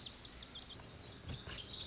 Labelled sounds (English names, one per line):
Lazuli Bunting